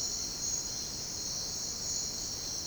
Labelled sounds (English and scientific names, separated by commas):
none